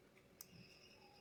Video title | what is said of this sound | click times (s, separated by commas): Nova NHT 1083 Professional Cordless Hair Clipper Unboxing & Review II Best Hair trimmer for men II | Once you hear the click sound, that means the blade is ready to be used, | 0.4 s